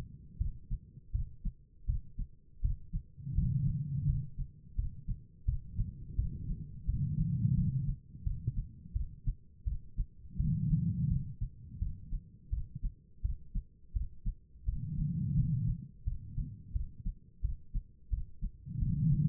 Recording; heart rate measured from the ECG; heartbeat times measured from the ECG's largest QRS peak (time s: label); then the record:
heart sounds by stethoscope; 85 bpm
0.38 s: heartbeat
1.12 s: heartbeat
1.86 s: heartbeat
2.61 s: heartbeat
3.35 s: heartbeat
4.06 s: heartbeat
4.76 s: heartbeat
5.45 s: heartbeat
6.16 s: heartbeat
6.86 s: heartbeat
7.55 s: heartbeat
8.24 s: heartbeat
8.93 s: heartbeat
9.64 s: heartbeat
10.37 s: heartbeat
11.08 s: heartbeat
11.79 s: heartbeat
12.50 s: heartbeat
13.22 s: heartbeat
13.93 s: heartbeat
14.65 s: heartbeat
15.35 s: heartbeat
16.04 s: heartbeat
16.73 s: heartbeat
17.41 s: heartbeat
18.10 s: heartbeat
18.79 s: heartbeat
From the record:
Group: healthy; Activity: rest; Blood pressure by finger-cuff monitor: 151/102 mmHg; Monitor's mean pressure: 119 mmHg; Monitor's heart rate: 85 bpm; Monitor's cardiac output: 4.9 L/min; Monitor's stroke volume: 58 mL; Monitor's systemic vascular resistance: 1810 dyn s/cm5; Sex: female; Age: 51 years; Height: 162 cm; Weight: 70.04 kg